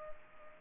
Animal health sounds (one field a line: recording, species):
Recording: mosquito wingbeat signal from an infrared sensor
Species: Culex pipiens